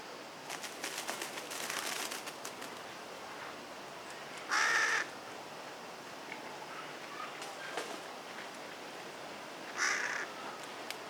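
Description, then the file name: Carrion crow giving two rough caws about five seconds apart, with rustling and clicking noises before and between them. "Corvus corone"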